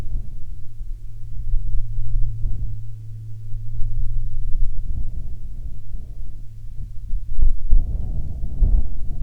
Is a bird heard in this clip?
no